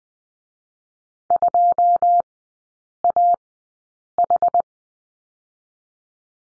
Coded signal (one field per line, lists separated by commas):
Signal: Morse code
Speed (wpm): 20 wpm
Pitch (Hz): 700 Hz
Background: none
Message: 2 A H